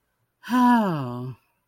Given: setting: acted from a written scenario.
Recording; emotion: vocal sound without words; relief